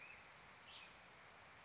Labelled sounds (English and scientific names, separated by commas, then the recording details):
Black-headed Grosbeak (Pheucticus melanocephalus)
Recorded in Sonoma County, California